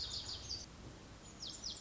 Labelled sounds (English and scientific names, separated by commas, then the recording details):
Lazuli Bunting (Passerina amoena)
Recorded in Sonoma County, California